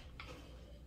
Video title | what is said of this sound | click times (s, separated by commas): Baby Trend Expedition Race Tec Jogger Stroller Assembly Setup and Installation | Put this thing inside, you heard a click, that is all you care about, right? | 0.2 s